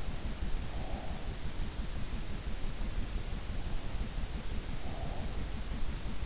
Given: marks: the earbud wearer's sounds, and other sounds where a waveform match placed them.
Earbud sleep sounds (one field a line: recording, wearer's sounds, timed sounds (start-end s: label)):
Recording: sounds in sleep by an in-ear microphone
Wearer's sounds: breath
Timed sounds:
0.21-2.13 s: breath
4.50-5.98 s: breath